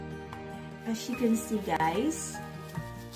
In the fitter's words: okay you see the snap you heard that so that's a snap